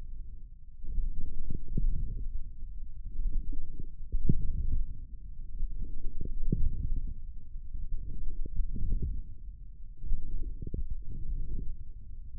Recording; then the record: forearm muscle sounds (acoustic myography)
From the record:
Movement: forearm pronation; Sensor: system 1, eight BSWA MPA416 microphones around the upper forearm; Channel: 8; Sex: male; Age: 28 years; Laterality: right